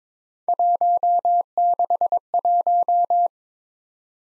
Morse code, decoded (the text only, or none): 161